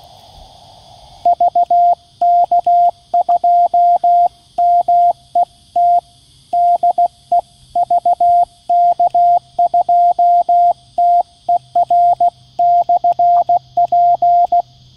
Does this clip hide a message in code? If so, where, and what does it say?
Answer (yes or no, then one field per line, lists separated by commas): yes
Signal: Morse code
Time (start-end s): 1.3-14.6 s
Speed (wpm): 16 wpm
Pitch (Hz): 700 Hz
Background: radio noise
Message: VK2MET DE VK2TER/P